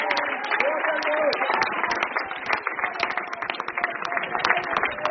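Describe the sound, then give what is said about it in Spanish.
An audience applauds steadily, a dense, even patter of many hands clapping for about five seconds, with a faint murmur of voices mixed underneath. “No se oye, no se oye, no se oye, no se oye, no se oye, aplauso, hermano.”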